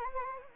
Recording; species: mosquito wingbeat signal from an infrared sensor; Anopheles gambiae